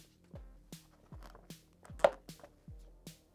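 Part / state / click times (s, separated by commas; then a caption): plastic side panel tab in motorcycle gas tank / released / 2.1 s. The plastic side body panel of a Yamaha TW200 motorcycle, removed to reach the air filter, is pulled straight out so its snap tab releases from the gas tank. Over rhythmic background music, a single sharp, loud pop stands out at 2.0 seconds as the tab comes free.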